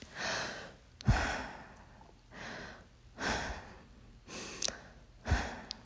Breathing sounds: deep breathing after running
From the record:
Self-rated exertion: light exertion (2 of 6); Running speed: 5 miles an hour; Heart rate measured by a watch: 95 beats a minute at the start, 92 at the end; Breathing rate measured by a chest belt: 11 breaths a minute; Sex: female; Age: 18 years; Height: 167 cm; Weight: 50 kg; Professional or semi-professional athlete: no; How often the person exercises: 1 to 2 times a week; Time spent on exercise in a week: 1 to 2 hours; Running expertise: no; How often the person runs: 1 to 2 times a week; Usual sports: running, walking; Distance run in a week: 1 to 2 km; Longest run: 6 km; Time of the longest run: 34 minutes

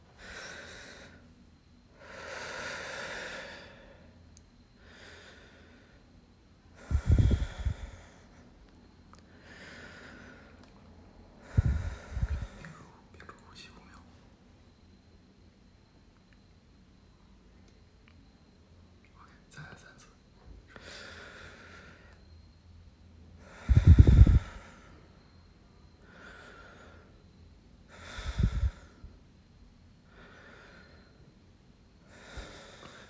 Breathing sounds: deep breathing after running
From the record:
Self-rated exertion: light exertion (2 of 6); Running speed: 6 miles an hour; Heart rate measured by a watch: 110 beats a minute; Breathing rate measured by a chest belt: 11 breaths a minute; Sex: male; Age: 23 years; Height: 172 cm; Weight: 64 kg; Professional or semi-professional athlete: yes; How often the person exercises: 3 to 5 times a week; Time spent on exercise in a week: 2 to 3 hours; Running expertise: no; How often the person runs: 1 to 2 times a week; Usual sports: running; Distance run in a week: 15 km

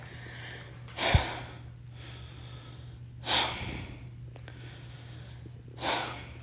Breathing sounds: deep breathing after running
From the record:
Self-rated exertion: light exertion (2 of 6); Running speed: 7 miles an hour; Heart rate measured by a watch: 75 beats a minute at the start, 76 at the end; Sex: female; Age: 51 years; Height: 165 cm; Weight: 51 kg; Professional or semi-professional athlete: no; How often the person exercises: 3 to 5 times a week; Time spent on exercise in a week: 3 to 4 hours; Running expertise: no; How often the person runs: 3 to 5 times a week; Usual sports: running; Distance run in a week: 25 miles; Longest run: 50 km

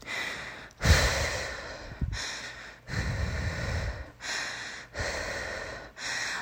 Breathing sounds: deep breathing after running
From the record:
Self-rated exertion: moderate exertion (3 of 6); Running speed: 5 miles an hour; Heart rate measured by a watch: 140 beats a minute at the start, 138 at the end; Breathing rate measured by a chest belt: 19 breaths a minute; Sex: female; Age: 18 years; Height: 171 cm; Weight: 75 kg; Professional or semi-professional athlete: no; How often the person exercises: 1 to 2 times a week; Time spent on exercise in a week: under 1 hour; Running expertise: no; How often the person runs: 1 to 2 times a week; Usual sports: running, fencing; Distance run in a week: 3 km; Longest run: 21.3 km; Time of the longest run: 190 minutes

